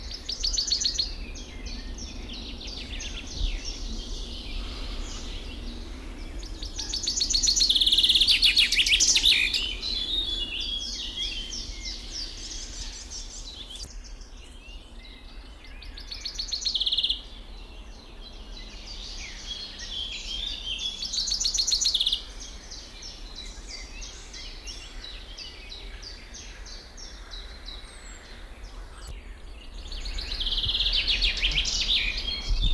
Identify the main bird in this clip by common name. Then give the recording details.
Common Chaffinch. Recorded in the wild. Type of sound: twittering, call, call sequence. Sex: male. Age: adult. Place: Bucher Wald, Berlin, DE. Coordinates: 52.65, 13.48. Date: 1995-06-05 12:36. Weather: sonnig, 18°C. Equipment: Sony WM-D6C, Sennheiser ME 80, Kopie Uher 4000 Report Monitor. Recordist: Tembrock, Günter. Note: 4 Strophen, 3 Abbrüche dabei